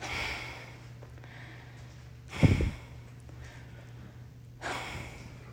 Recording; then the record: deep breathing after running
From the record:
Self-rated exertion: light exertion (2 of 6); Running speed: 6 miles an hour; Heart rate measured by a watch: 83 beats a minute at the start, 82 at the end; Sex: female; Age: 51 years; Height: 165 cm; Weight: 51 kg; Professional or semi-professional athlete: no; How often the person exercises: 3 to 5 times a week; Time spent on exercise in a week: 3 to 4 hours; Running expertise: no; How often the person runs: 3 to 5 times a week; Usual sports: running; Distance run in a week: 25 miles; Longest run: 50 km